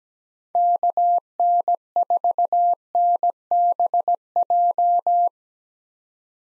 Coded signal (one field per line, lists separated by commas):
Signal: Morse code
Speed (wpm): 17 wpm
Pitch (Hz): 700 Hz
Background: none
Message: KN4NBJ